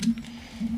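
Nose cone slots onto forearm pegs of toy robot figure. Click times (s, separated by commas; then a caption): 0.0 s. The slots in the plastic nose cone of a Transformers X-Men crossover Ultimate X-Spanse toy robot figure are pegged onto the figure's forearms, and a short, sharp click at 0.0 s marks it snapping into place. A couple of fainter taps follow over a steady low hum. The nose cone ends up seated.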